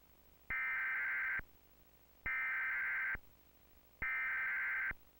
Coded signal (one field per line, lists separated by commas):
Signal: Emergency Alert System (SAME) tones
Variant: header bursts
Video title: EAS: Required Weekly Test